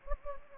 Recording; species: mosquito wingbeat signal from an infrared sensor; Anopheles gambiae